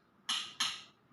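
The back nut of a plastic MC4 solar connector is tightened with the kit's spanner tightening tools until the tool slips and clicks. Two sharp, bright clicks ring out at 0.3 s and 0.6 s, each fading over about a quarter second. The clicking shows the nut is tight enough.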